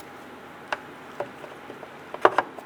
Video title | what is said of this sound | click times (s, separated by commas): How to Replace Multipurpose Rear Light Bulb 2005-2010 Chrysler 300 | take your new bulb press it straight in you'll feel it in hear it snap into place | 2.3 s